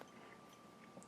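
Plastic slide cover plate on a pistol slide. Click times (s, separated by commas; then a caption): 0.0 s. A plastic slide cover plate on the rear of a Glock pistol slide is pushed with a key and slid the rest of the way on until it clicks into place at 0.0 s. A second short tick follows at 1.0 s over a faint steady hum. The slide has been reassembled.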